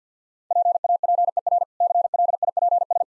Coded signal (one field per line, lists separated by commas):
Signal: Morse code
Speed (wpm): 49 wpm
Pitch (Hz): 700 Hz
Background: none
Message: PAPER CLIPS